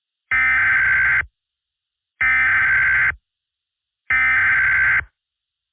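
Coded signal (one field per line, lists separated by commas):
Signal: Emergency Alert System (SAME) tones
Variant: header bursts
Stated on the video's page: Fictional scenario containing valid EAS tones.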